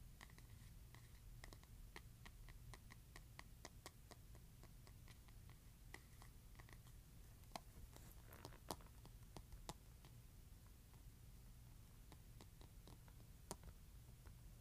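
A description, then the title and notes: A hairbrush is scratched, giving a run of sharp, dry ticks and crackles that come irregularly, several per second, throughout. Some strokes bunch into brief rustling flurries around the eighth second. A steady low rumble sits underneath the whole time. ASMR Scratching Hairbrush.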